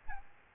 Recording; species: mosquito wingbeat signal from an infrared sensor; Aedes albopictus